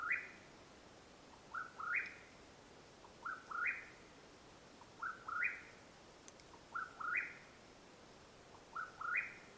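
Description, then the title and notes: Mexican whip-poor-will calling rolling, upward-stepping three-part phrases, about six times at a steady pace, with one brief click heard mid-sequence. Wild bird calling at nightfall in Madera Canyon, Arizona, USA, recorded 21 April 2022. "The call of the Mexican Whip-poor-will at nightfall in Madera Canyon, AZ. Recorded April, 21 2022."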